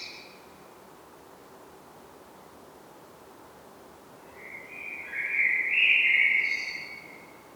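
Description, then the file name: Common blackbird song: the tail of one phrase, a quiet pause, then one warbled phrase of mid-pitched notes with a thin, high twittering ending. "Turdus merula"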